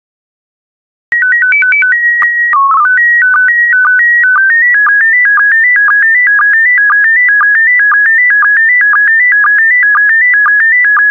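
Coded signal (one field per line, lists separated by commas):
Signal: SSTV (slow-scan television)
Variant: PD120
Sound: short calibration tones and a header, then warbling 1.5-2.3 kHz tones with regular low blips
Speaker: transmission complete you can now check your decoded image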